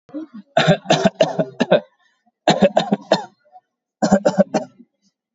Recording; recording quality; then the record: heavy voluntary cough; excellent, no background noise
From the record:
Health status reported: COVID-19 positive, no symptoms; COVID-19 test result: positive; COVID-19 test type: RT-PCR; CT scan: taken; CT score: 7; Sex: male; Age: 50 years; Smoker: no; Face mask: worn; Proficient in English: yes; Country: India